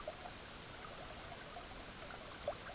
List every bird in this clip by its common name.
none